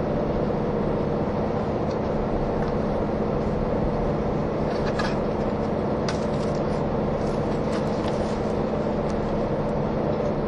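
A KiHa 183 series diesel train, the Aso Boy, travels between Kumamoto and Miyaji with a steady, dense rumble and a low engine drone that holds level throughout. Faint clicks and ticks come through the noise, a little more often after the midpoint.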